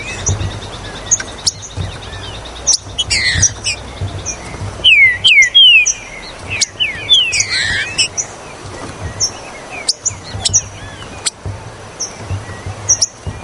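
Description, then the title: Green-winged saltator song: a short burst of descending whistled slurs midway, surrounded by scattered high chirps, clicks and a constant low hum. "Trinca Ferro Ao Maximo Trinca Ferro Maquin"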